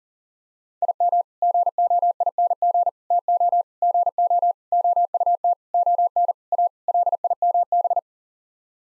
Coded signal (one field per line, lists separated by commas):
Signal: Morse code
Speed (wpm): 40 wpm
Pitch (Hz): 700 Hz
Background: none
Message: IM GOING TO GO OUT ON A LIMB